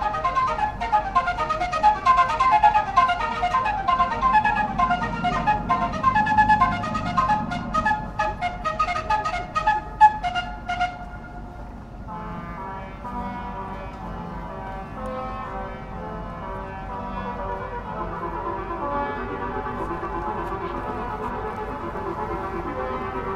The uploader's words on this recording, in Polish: Siren Chants - Christof Schlaeger ISCM World Music Days Wroclaw. Nagranie fragmentu kompozycji Siren Chants na dwa statki sto syren okrętowych. Nagranie wykonane w trakcie ISCM World Music Days na Ostrowie Tumskim we Wrocławiu na Bulwarze Włostowica. Rekorder, mikrofon: Sony PCM D50 Autor nagrania: Bartosz Grzyb.